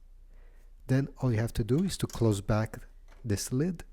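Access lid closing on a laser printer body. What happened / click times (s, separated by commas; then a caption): Handled, not yet home: lid about to close, no seating click / none. Someone talks while handling the plastic front access lid of an HP LaserJet M209dwe laser printer, after the toner cartridge has been seated, with faint low background noise at the start. The lid is being brought back toward the printer body, but the clip ends before it shuts; nothing has seated or clicked yet.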